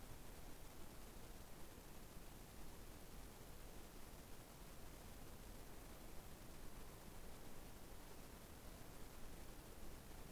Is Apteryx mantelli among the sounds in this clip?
no